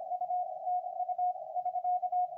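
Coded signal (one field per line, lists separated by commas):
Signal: Morse code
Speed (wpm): 27 wpm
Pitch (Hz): 720 Hz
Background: radio noise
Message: U TU <SK>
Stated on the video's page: Amateur CW contacts on 7 MHz band sent with a keyer paddle, poor conditions with weak signals, including Japanese-language Morse.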